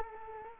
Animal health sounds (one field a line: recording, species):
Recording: mosquito wingbeat signal from an infrared sensor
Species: Culex quinquefasciatus